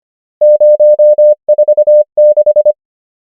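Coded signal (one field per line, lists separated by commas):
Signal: Morse code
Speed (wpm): 25 wpm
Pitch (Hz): 600 Hz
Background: none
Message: 0 4 6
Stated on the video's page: Morse code practice of numbers, 25 wpm character speed with 24 wpm effective word speed (Farnsworth spacing).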